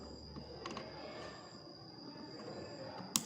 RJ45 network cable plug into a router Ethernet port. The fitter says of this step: Sampai bunyi klik nanti ini juga nyala jangan lupa juga kabel power-nya dihubungkan nah